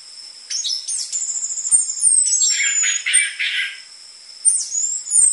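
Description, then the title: Orange-headed thrush song of quick rising squeaks, a thin falling whistle and a rapid buzzy chatter, then a short pause before sharp notes return. Lure recording for training caged birds, with dense filler material used as a model for tutoring spotted-variety orange-headed thrushes; the bird sings actively. "PANCINGAN Anis Merah Gacor Materi Isian Rapat Cocok Untuk MASTERAN Anis Merah TROTOL"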